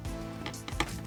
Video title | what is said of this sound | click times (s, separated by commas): Building the LEGO Technic Motorcycle Bobber style chopper. Set #42132. | get that lined up there we go pop | 0.8 s